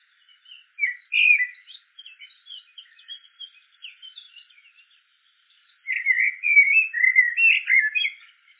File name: merle noir